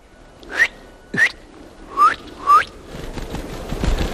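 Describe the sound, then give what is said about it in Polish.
Four short, high chirps from tits at a spot where birds are fed, evenly spaced about half a second apart, each a bright rising note; after them a soft rustling, shuffling noise fills the rest. “Sikorki.”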